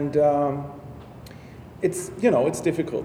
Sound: breath